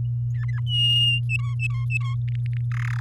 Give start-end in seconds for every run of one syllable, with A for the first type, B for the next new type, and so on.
0.34-0.60 A, 0.66-1.20 B, 1.29-2.15 C, 2.28-2.61 D, 2.71-3.00 E